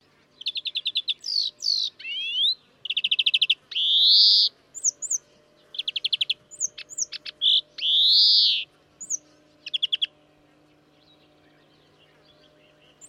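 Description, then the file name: European greenfinch singing rapid trills broken by two long, nasal, wheezing notes, with scattered twittering chirps between phrases and quiet at the end. "Chloris chloris"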